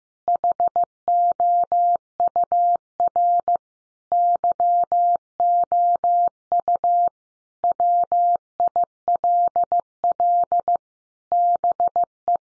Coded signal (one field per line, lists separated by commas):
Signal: Morse code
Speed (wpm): 15 wpm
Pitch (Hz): 700 Hz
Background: none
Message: HOUR YOU WILL BE